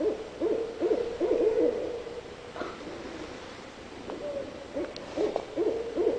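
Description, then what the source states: Barred owl hooting in a string of short notes, then a second series after a gap. Recorded 9 June 2003; a set of 12 calls.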